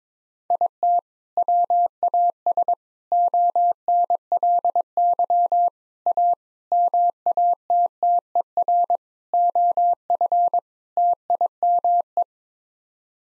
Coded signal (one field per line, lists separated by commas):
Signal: Morse code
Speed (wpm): 21 wpm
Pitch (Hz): 700 Hz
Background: none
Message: IT WAS ONLY A MATTER OF TIME